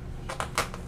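An arrow is pushed through the hole of a plastic Snap Load arrow holder until it seats in the holder strap. A series of short clicks is heard at 0.3, 0.4, 0.6 and 0.7 seconds, the loudest at 0.6 seconds.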